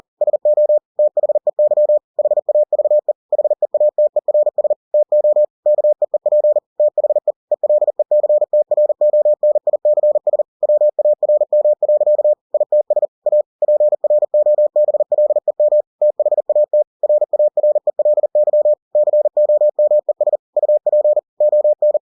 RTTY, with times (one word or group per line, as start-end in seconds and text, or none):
none